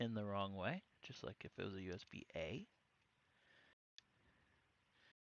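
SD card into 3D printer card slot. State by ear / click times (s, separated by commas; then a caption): seated / 4.0 s. Someone talks, then after a quiet stretch an SD card is pushed into a 3D printer's spring-loaded card slot. A single sharp click at 4.0 s marks the card seating in the slot.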